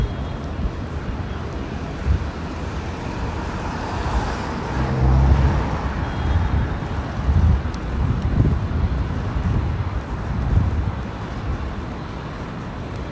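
A ride on a city bus in Dubai, heading toward the Deira City Centre bus station. A steady low engine rumble fills the clip, swelling in heavier surges around five, eight and ten seconds, with a faint hiss of wind and road noise above it.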